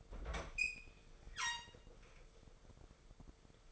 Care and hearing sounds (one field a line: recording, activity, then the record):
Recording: daily activity, microphone in the room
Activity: open fridge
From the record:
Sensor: 5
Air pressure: 1015.0 hPa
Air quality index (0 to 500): 189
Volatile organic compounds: 8 ppm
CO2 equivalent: 2078 ppm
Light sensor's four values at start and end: 72/166/72/78 and 83/191/83/91